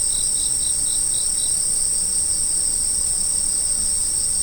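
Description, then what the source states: Insects trilling in a constant shrill drone, with a short run of about six quick pulsed notes slightly lower in pitch during the opening second and a half. Autumn insects.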